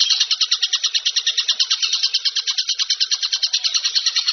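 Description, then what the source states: Bird chatter: a continuous series of harsh, grating notes, rapid and evenly spaced throughout. Masteran compilation of bird song, described as the most complete.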